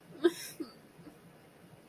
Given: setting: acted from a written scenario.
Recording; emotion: vocal sound without words; guilt